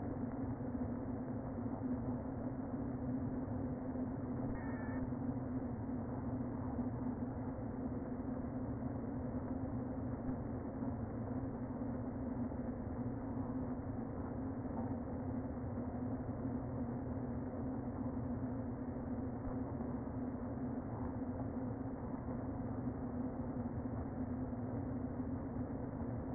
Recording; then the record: honeybee colony, microphone inside the hive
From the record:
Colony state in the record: queen present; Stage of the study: before two queens were removed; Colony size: about 60,000 bees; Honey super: yes